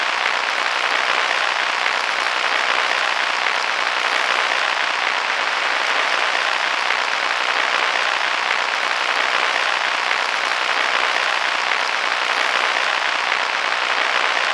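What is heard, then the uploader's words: Amplifier hiss fills the whole recording, a constant, dense rush with no breaks or events. It sits mostly in the upper middle and bright range, with almost nothing in the deep lows, and its level stays flat from start to finish. AMPLIFIER WHITE NOISE FOR SLEEPING AND RELAXING AND MEDITATION.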